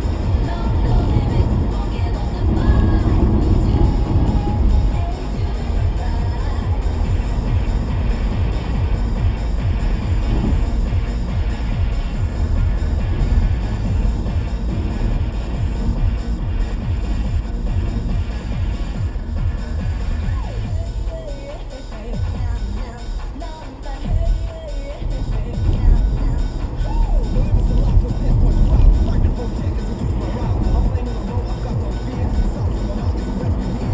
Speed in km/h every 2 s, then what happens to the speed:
95, 87, 85, 92, 87, 74, 71, 64, 58, 53, 55, 55, 58, 64, 72, 79, 85.
0-3 slows to 85. 7-17 brakes to 53. 17-24 steady at about 55. 24-34 speeds up to 85.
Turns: none.